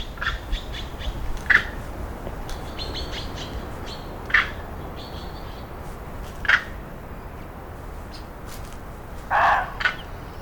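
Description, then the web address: Taiwan blue magpie giving loud, harsh squawking calls spaced a few seconds apart, one longer rasping burst near the end; smaller birds chirp high and thin at times over a steady background hiss. Recorded at Zhiben, Taitung, Taiwan, in 2022. "2022 02 19-台東知本-台灣藍鵲"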